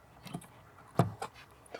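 A plastic wiring connector is pushed back onto a refitted tail light bulb socket on a Honda Fit, with a few light plastic taps and rattles around it. The sharpest hit, at 0.99 s, is the connector seating onto the socket, and it is confirmed seated.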